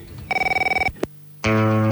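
An electronic telephone ring warbles in a quick train of pulses as a caller rings back, then a sharp click, a short pause, and a loud, steady buzzing line tone. No one speaks.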